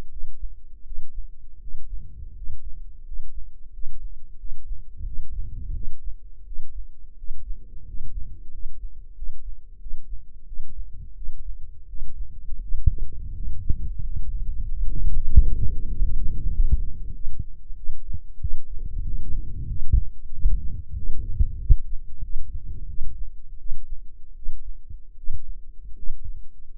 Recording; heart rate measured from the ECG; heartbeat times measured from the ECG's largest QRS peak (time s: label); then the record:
heart sounds by microphone in the left ear; 88 bpm
0.09 s: heartbeat
0.84 s: heartbeat
1.59 s: heartbeat
2.33 s: heartbeat
3.03 s: heartbeat
3.71 s: heartbeat
4.37 s: heartbeat
5.04 s: heartbeat
5.73 s: heartbeat
6.44 s: heartbeat
7.15 s: heartbeat
7.84 s: heartbeat
8.50 s: heartbeat
9.14 s: heartbeat
9.78 s: heartbeat
10.45 s: heartbeat
11.14 s: heartbeat
11.86 s: heartbeat
12.60 s: heartbeat
13.32 s: heartbeat
14.00 s: heartbeat
14.65 s: heartbeat
15.27 s: heartbeat
15.90 s: heartbeat
16.52 s: heartbeat
17.12 s: heartbeat
17.75 s: heartbeat
18.39 s: heartbeat
19.03 s: heartbeat
19.67 s: heartbeat
20.31 s: heartbeat
20.94 s: heartbeat
21.58 s: heartbeat
22.21 s: heartbeat
22.87 s: heartbeat
23.57 s: heartbeat
24.34 s: heartbeat
25.15 s: heartbeat
25.95 s: heartbeat
26.72 s: heartbeat
From the record:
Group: healthy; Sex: male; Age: 23 years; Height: 179 cm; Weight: 87 kg